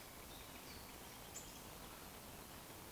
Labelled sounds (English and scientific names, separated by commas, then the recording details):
Eurasian Woodcock (Scolopax rusticola) whistle
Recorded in Baden-Württemberg, Germany, on 11 June 2020 at 19:16 UTC
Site 14569, 102 m above sea level